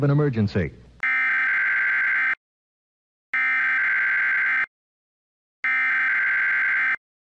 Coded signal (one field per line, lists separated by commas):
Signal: Emergency Alert System (SAME) tones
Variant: header bursts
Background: speech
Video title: [2] RetroTech San Antonio Test Card, Black & White Monochrome, 4:3 Aspect Ratio 1.33:1, EBS EAS SAME